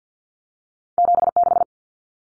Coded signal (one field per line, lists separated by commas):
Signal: Morse code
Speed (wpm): 50 wpm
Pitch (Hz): 700 Hz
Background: none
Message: 76